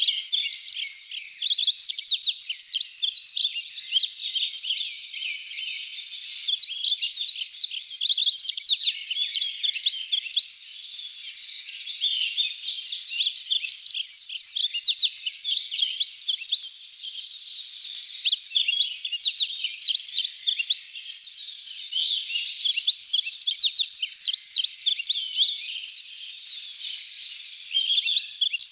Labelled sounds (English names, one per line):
Yellow-throated Bunting song